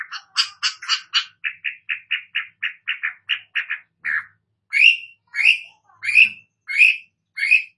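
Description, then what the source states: Long-tailed shrike song: a fast series of rough chattering notes, then slower, louder harsh squawks spaced under a second apart. Indonesian name Cendet; described as gacor, a vigorous, persistent singing style.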